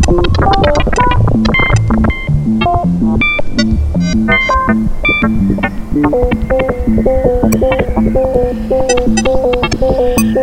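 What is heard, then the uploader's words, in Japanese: Two cycling sine-wave tones loop in quick, regular steps, a busy low pattern under brighter pings, settling into a steadier repeating figure after six seconds. Max/MSPによる3つのフィールドレコーディング素材と、その音からの出力データを元に任意のステップ数でシーケンスされる2つのサイクル(サイン波)のパッチ。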